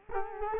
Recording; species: mosquito wingbeat signal from an infrared sensor; Culex quinquefasciatus